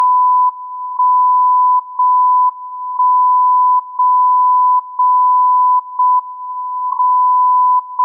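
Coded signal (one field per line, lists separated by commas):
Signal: radio time signal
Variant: JJY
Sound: steady 1 kHz tone pulsing once per second in long, medium and short beeps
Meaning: Each second's pulse length sends the time code: 0.8 s is a zero, 0.5 s a one, 0.2 s a marker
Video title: JJY 60kHz Time signal, Morse code call sign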